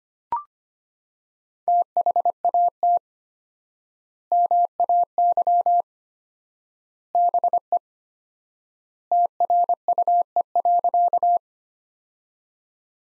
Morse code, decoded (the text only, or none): THAT MAY BE TRUE.